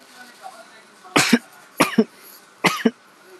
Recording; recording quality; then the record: shallow voluntary cough; excellent, no background noise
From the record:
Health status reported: healthy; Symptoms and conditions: none ticked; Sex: male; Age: 18 years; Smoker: not ticked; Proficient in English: yes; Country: India